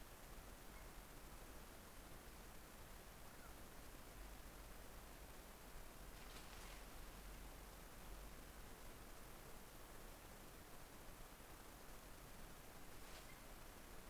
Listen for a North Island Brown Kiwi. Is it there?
no